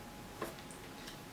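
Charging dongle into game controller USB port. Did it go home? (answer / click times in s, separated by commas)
no / none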